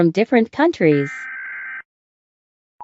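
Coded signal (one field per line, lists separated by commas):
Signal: Emergency Alert System (SAME) tones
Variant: header bursts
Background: speech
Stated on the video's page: EAS alarm used in a costumed acting skit.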